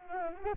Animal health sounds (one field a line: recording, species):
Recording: mosquito wingbeat signal from an infrared sensor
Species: Anopheles arabiensis